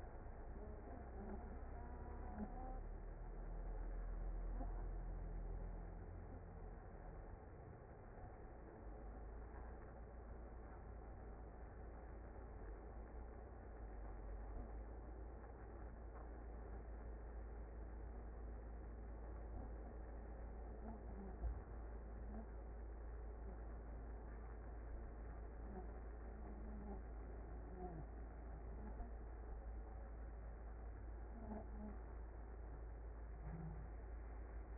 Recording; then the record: honeybee colony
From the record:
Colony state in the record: active